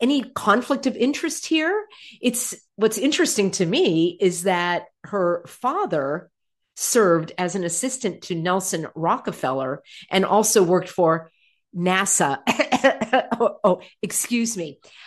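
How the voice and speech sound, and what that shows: An adult narrator speaks fluently at an ordinary pace with clear articulation and natural pitch movement, pausing briefly between phrases. The voice is steady and clear, with only slight creak at a few phrase endings. This is ordinary conversational speech.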